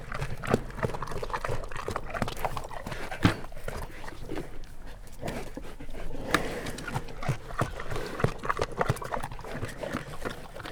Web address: allathangok jaszberenyizoo 2016 professzionalis barnamedve esznekabarnamedvek orrukelottamikrofon